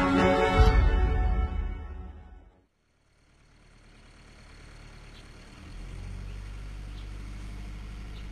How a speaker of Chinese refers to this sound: 卡车行驶在一条荒无人烟的公路上， 停车。 梁龙将车停到一棵树下